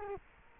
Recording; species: mosquito wingbeat signal from an infrared sensor; Culex quinquefasciatus